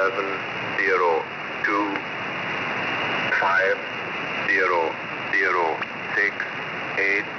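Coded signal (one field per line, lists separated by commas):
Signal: numbers station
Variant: E06, English male voice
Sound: a male voice reading single numbers at a steady pace through shortwave hiss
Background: radio static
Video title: E06 English Man 26/03/2023 0930 UTC 12093kHz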